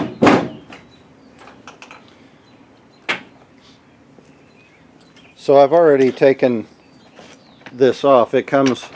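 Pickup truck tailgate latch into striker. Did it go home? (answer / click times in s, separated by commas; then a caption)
no / none. A 2007 Dodge Ram pickup's metal tailgate is shut against its latch and striker, giving heavy thunks and a slam near the start, then a few short knocks around 1.7–1.9 s. The tailgate latch fails to catch, so nothing has seated or clicked, showing the broken latch. Someone talks afterward.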